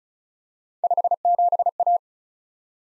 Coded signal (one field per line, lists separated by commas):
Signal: Morse code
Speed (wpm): 36 wpm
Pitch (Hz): 700 Hz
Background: none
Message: 57A